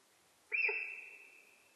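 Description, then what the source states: Sika deer whistle: a sharp, high, steady note bursting out and gradually tapering, with faint hiss behind it. Recorded in Japan on 4 November 2006.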